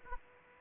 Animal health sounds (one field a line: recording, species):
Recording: mosquito wingbeat signal from an infrared sensor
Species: Aedes aegypti